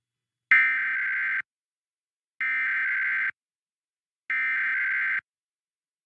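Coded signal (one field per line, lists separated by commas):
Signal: Emergency Alert System (SAME) tones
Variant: header bursts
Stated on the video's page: Monthly tests received from Iowa and from Imperial and San Diego, California.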